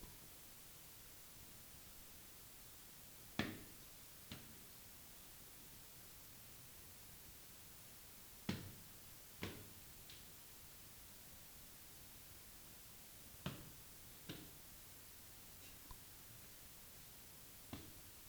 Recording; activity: daily activity, guitar pickup as the sensor; go upstairs